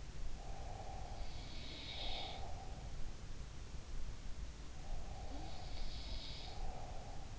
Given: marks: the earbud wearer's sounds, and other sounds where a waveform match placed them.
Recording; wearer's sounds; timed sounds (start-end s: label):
sounds in sleep by an in-ear microphone; breath
0.60-2.67 s: breath
1.31-2.47 s: sound from someone else or the room
4.96-7.39 s: breath
5.63-6.68 s: sound from someone else or the room